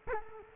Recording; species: mosquito wingbeat signal from an infrared sensor; Culex quinquefasciatus